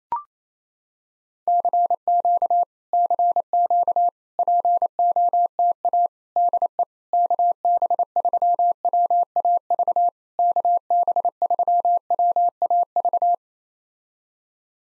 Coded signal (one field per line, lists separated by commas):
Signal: Morse code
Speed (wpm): 27 wpm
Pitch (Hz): 700 Hz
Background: none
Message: CQ CQ POTA DE KB3WAV KB3WAV